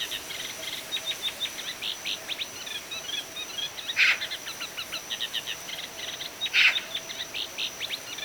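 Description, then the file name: Eurasian magpie uttering two loud, grating notes about two and a half seconds apart, set against a busy layer of fast, repeated high ticks and chirps. "Pica pica"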